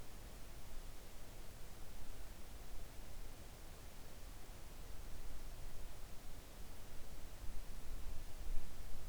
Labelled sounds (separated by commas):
near silence